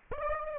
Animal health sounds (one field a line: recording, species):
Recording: mosquito wingbeat signal from an infrared sensor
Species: Aedes aegypti